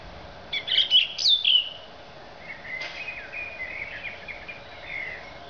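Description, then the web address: Thrush song: one loud burst of high, chattering whistled notes, followed by quieter, twittering phrases. "Zingende lijster"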